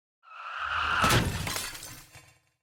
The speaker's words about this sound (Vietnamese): Một tiếng va chạm cực lớn vang lên, xe thể thao nhất thời bị xe vận tải đánh bay, cứ như con gà quay mà lăn đùng về phía trước.